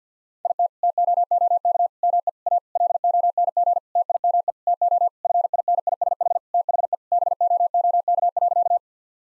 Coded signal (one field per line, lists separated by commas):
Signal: Morse code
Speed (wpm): 50 wpm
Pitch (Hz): 700 Hz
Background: none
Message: IT TOOK ME A LONG TIME TO FINISH THE BOOK.